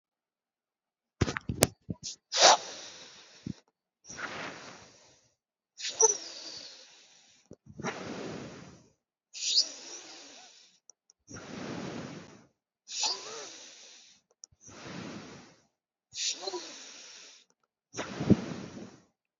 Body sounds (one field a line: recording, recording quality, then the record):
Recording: deep breathing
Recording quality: excellent, no background noise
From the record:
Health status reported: healthy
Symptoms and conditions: none ticked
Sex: male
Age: 30 years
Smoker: yes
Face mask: not worn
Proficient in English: yes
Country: India